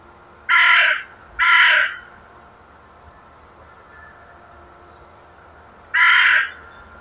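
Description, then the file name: Carrion crow giving harsh, hoarse caws: two quick calls close together, then a long pause and a third caw near the end. "Corvus corone"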